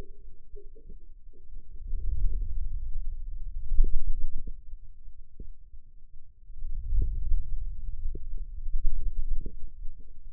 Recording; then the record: forearm muscle sounds (acoustic myography)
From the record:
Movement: wrist extension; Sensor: system 2, bracelet of six BSWA MPA416 microphones around the upper forearm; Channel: 1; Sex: male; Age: 22 years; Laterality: right